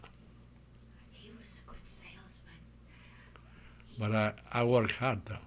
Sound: whispers

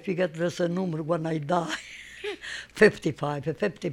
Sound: she laughs

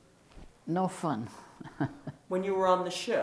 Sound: chuckles

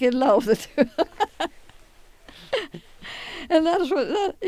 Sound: she laughs

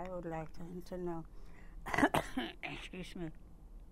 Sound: coughs

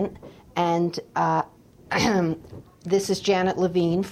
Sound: clears throat

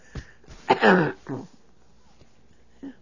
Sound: she clears her throat

